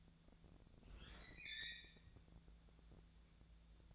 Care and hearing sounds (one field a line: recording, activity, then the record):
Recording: daily activity, microphone in the room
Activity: open fridge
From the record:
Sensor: 3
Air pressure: 1000.0 hPa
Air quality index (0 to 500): 133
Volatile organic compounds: 2 ppm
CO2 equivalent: 1187 ppm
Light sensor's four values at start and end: 40/101/43/47 and 39/100/42/47